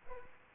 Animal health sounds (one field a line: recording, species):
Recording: mosquito wingbeat signal from an infrared sensor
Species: Aedes aegypti